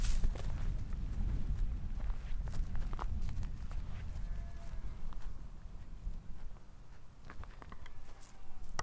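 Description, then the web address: Horse grazing, with irregular crisp tearing and munching clicks over a constant low rumble. Horses grazing at Finnisglin, County Galway, Ireland, on 6 May 2026. "grazing horses finnisglin county galway ireland."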